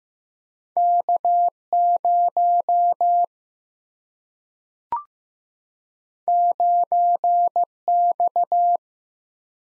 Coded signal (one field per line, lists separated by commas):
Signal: Morse code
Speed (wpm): 15 wpm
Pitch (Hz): 700 Hz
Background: none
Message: K0 9X